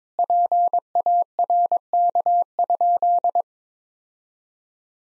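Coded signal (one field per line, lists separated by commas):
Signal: Morse code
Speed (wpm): 22 wpm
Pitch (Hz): 700 Hz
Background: none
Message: PARK?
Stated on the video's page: Morse practice at 22 wpm of sentences with common four-word phrases for head-copy, each sent, spoken, then sent again.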